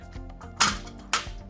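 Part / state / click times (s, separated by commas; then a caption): shade fabric panel onto connecting link / seated / 0.6 s, 1.1 s. A vertical sheer shade's whole fabric panel, with all four pegs already clicked in, is clicked onto the second connecting link. Two loud, sharp click hits sound at 0.6 s and 1.1 s over a quiet background, and the panel is seated on the link.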